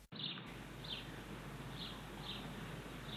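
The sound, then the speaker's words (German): A sparrow chirps in short, high, thin calls, four or five of them spaced about half a second to a second apart, fairly soft over a steady hiss of background noise. “Der Spatz?”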